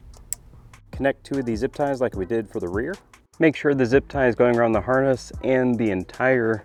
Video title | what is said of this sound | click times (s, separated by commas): How to Install ShockSims ARC-MAX on a 2019+ Duramax Sierra or Silverado - Bypass for GM ARC | With our ShockSim, go ahead and make that connection secure and make sure you hear it click. | 0.3 s